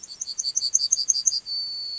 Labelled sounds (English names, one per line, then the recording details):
Yellowhammer song
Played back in grassland
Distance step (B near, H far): C
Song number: 141